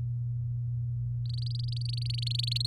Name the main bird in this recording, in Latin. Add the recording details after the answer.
Serinus canaria. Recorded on 7 May 2018 at 16:55. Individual llb16